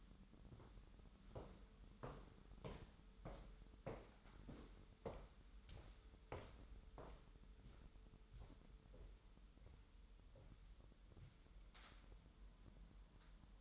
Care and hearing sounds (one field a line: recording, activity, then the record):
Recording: daily activity, microphone in the room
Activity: walk to room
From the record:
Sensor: 3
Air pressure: 988.2 hPa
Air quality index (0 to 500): 181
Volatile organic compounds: 183 ppm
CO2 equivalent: 4153 ppm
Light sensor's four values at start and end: 24/74/31/27 and 24/75/31/27